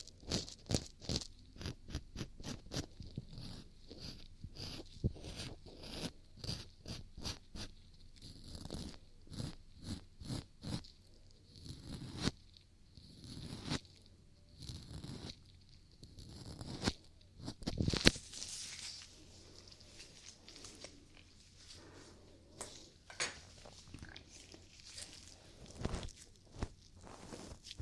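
Ear cleaning sounds: quick crackly scratches and taps, dense and rapid for the first dozen seconds, then sparser bursts with soft rustling between.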